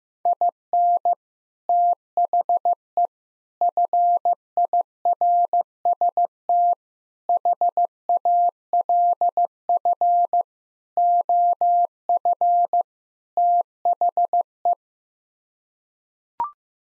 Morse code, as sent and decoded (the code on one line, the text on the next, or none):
.. -. / - .... . / ..-. .. .-. ... - / .... .- .-.. ..-. / --- ..-. / - .... .
IN THE FIRST HALF OF THE